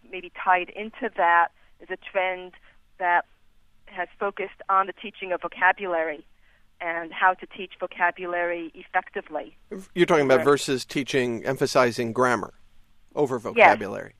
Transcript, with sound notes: maybe tied into that is a trend that has focused on the teaching of vocabulary and how to teach vocabulary effectively."
"You're talking about [emphasizing vocabulary] versus teaching emphasizing grammar over vocabulary."